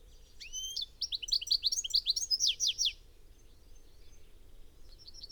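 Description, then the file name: European goldfinch calls: a rising upslurred note, then a fast run of tinkling, twittering notes for about two seconds, and a brief faint twitter later. "Carduelis carduelis"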